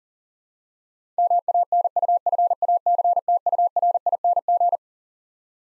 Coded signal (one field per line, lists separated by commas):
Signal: Morse code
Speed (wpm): 40 wpm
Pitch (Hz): 700 Hz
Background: none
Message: MANUFACTURING